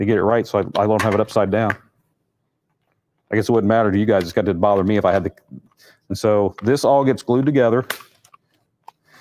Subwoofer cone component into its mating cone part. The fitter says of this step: you heard that satisfying snap so it snaps together and then it is put together with an adhesive a type of glue and